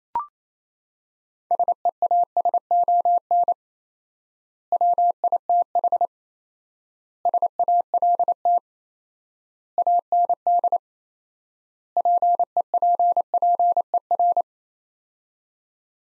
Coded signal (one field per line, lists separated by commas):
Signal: Morse code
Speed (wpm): 28 wpm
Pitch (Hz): 700 Hz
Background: none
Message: SEASON WITH SALT AND PEPPER